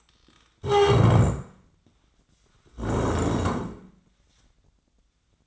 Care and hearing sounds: daily activity, microphone in the room; stand up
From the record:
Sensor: 3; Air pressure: 1012.2 hPa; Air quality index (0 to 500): 175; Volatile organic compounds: 3 ppm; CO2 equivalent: 1340 ppm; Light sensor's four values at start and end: 104/224/109/123 and 90/206/97/112

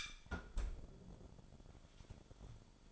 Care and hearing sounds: daily activity, microphone in the room; close fridge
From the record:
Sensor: 5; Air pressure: 1007.9 hPa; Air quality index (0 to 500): 98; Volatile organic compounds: 1 ppm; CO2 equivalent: 764 ppm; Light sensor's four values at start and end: 42/95/40/42 and 41/94/39/41

